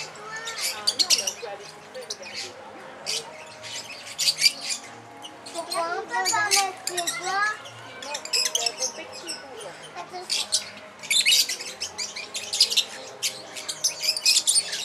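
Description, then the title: Lovebird chattering: dense, high, shrill chirps in rapid clusters, with a few lower twittering warbles near the middle and continuous busy calling throughout. Lovebird mating call, used as a lure. "Suara Lovebird Kawin Untuk Pancingan"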